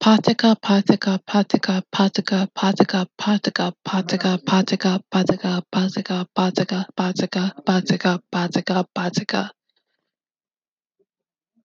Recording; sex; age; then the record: repeated syllables /pa ta ka/; female; 20 to 29 years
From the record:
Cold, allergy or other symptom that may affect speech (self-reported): no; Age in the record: 22 years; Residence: New York, United States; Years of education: 16